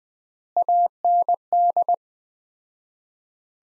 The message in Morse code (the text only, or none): AND